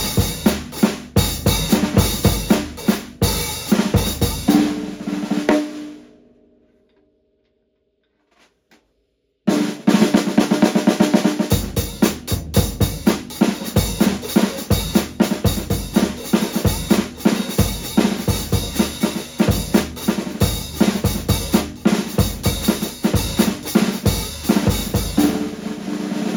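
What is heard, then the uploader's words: A rosewood segmented snare drum is played in a fast, steady stream of crisp, bright strokes. Around six seconds the playing stops and a low ring fades into silence. Near nine and a half seconds it starts abruptly again and continues evenly to the end. Angel 5.5 x 14” rosewood segment shell snare drum demo. The shell is about 12 mm thick. It’s very ringy for a wood shell! Rosewood segmented snare drum.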